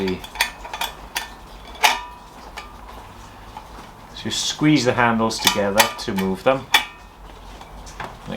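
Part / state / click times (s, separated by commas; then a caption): folding wire handle locking onto a stainless steel mess tin pan / seated / 8.0 s. The folding wire handles of an old army-style stainless steel mess tin pan are squeezed together to swing them, with light metallic clinks and handling taps throughout while someone talks. At 8.0 s the handle clicks into its locked position.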